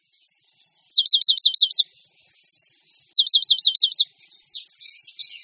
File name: Moudivláček-lužní